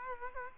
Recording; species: mosquito wingbeat signal from an infrared sensor; Culex quinquefasciatus